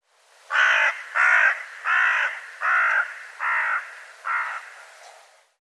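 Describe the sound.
Bird calling six harsh, hoarse caws, each about half a second long, repeated steadily and fading slightly toward the end.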